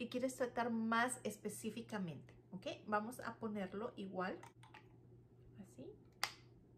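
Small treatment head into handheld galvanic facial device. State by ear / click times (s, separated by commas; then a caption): seated / 6.2 s. A woman talks, then fits a small eye-area treatment head onto a handheld galvanic facial device. A sharp click at 6.2 seconds marks the head seating in place and ready for use.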